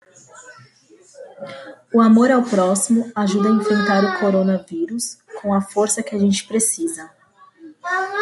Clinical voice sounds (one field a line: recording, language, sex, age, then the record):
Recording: spoken sentence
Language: Brazilian Portuguese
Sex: female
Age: 30 to 39 years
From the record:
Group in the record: control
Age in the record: 30 years